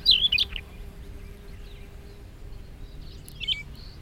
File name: rubythroat-siberian -Calliope-calliope